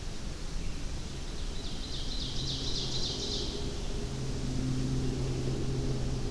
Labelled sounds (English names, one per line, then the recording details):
Ovenbird song
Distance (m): 70 m
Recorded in boreal forest in Alberta, Canada, on 25 June 2016 at 07:26
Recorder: SongMeter 3, array SBT-6-76
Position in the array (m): 296 m, 78 m
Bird 1